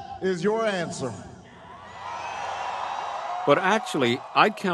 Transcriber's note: soundbite of applause